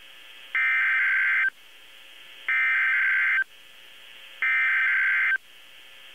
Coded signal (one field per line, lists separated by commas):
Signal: Emergency Alert System (SAME) tones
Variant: header bursts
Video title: EAS #1720-1724 - HURRICANE FORCE WIND WARNINGS TONED AS HUWs on KEC73 3-1-2018